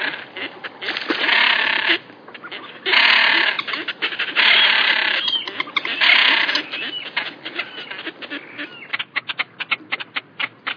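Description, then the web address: Great crested grebe, loud rattling braying phrases of about a second, repeated four times, then a series of sharp clicking notes. "Toppet-lappedykker"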